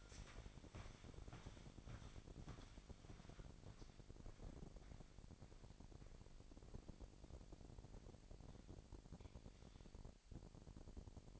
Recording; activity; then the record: daily activity, microphone in the room; walk to room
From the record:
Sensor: 5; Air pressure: 1012.3 hPa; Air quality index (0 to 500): 235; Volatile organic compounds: 4 ppm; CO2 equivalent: 1564 ppm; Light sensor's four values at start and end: 55/126/53/57 and 57/133/55/59